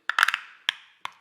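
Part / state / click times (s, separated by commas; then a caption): threaded secondary piece into foam cannon body / seated / 0.7 s. A threaded secondary piece of a chrome-plated copper Maxshine foam cannon is screwed back into the body by hand. A cluster of sharp, hollow clicks comes from 0.1 to 0.3 s, then a distinct click at 0.7 s as the piece locks into place, followed by a softer tap near 1.0 s. The piece is seated and ready to use.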